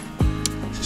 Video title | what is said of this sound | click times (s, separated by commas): Hiking Prairie View Trail Part 3 Back To Civilization | just clicks into place like that | 0.5 s